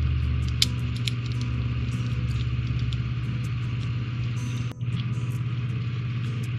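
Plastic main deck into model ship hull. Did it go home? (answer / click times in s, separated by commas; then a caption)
no / none. Someone presses the plastic main deck of a 1973 ADDAR Mayflower "Ship In A Bottle" series model kit onto its hull, over a steady low hum with a few faint plastic ticks, the sharpest near 0.6 s and 1.1 s. The deck does not snap into place, and the attempt stops rather than forcing it; nothing has seated or clicked yet.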